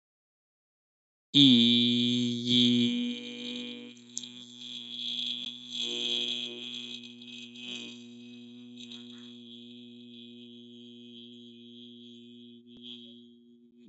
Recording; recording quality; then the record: sustained vowel as in beet; excellent, no background noise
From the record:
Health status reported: healthy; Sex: male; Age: 25 years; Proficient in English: yes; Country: India